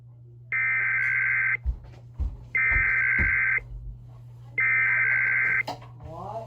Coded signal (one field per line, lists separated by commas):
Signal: Emergency Alert System (SAME) tones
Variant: header bursts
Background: speech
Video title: EAS 1120: ANOTHER High Wind Warning from NWS Boulder